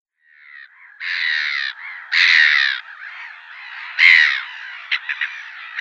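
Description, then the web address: Black-headed Gull calls, harsh grating kraa cries repeated at irregular intervals, with softer rasping notes and a few short notes between them. "Schulze Peter Black-headed Gull"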